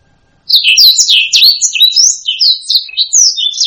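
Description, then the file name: Black-throated laughingthrush bursts into song after a short silence, giving quick, bright, slurred whistles and chirps in a fast, varied sequence. "suara kicauan burung blacksang. omkicau"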